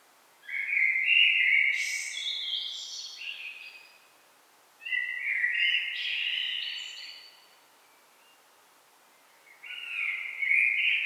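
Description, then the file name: Common blackbird delivering three song phrases, rich fluting whistles that break into scratchy high twitters, with short quiet gaps between; the last phrase is cut off. "Turdus merula"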